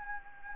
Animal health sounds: mosquito wingbeat signal from an infrared sensor; Anopheles gambiae

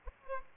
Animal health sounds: mosquito wingbeat signal from an infrared sensor; Aedes albopictus

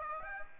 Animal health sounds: mosquito wingbeat signal from an infrared sensor; Aedes aegypti

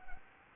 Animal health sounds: mosquito wingbeat signal from an infrared sensor; Anopheles gambiae

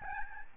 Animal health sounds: mosquito wingbeat signal from an infrared sensor; Aedes albopictus

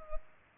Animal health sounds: mosquito wingbeat signal from an infrared sensor; Culex pipiens

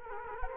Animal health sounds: mosquito wingbeat signal from an infrared sensor; Culex quinquefasciatus

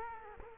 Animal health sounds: mosquito wingbeat signal from an infrared sensor; Culex quinquefasciatus

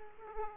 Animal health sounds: mosquito wingbeat signal from an infrared sensor; Aedes aegypti

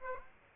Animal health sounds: mosquito wingbeat signal from an infrared sensor; Aedes aegypti

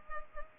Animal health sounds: mosquito wingbeat signal from an infrared sensor; Culex pipiens

